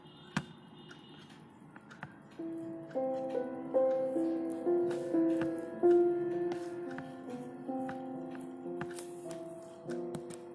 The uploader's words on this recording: Dark academia Study with me in the evening. Pencil ASMR, ticking of the clock and some dark academia music.